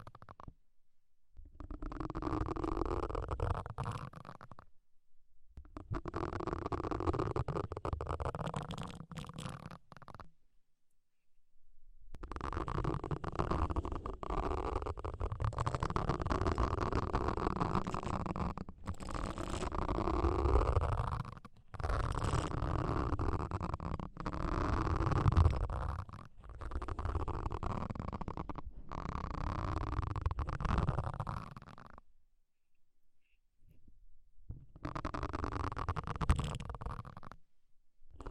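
Deep ear cleaning sounds: muffled, rumbling scrapes and rubbing come in dense stretches of several seconds each. Short silent gaps break them up, near 5, 11, 21, 26 and 33 seconds, and the sound is mostly low and thick, with a fainter hiss above.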